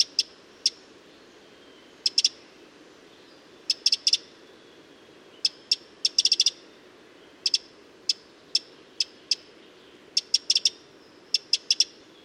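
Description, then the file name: Eurasian wren calls: hard clicking ticks at irregular intervals, single, doubled or in short runs, over faint steady hiss. "Troglodytes troglodytes"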